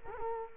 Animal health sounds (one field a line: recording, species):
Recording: mosquito wingbeat signal from an infrared sensor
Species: Culex quinquefasciatus